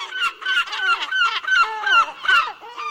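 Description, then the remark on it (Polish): A harbour seabird gives a rapid series of loud, wailing calls, each a nasal, harmonic cry that slides downward in pitch, repeating steadily for several seconds with no talking. “No i ten głos, niesamowity takie zawodzenie, które doskonale nam się w tym klimacie dźwiękowym może jakoś wpasowało.”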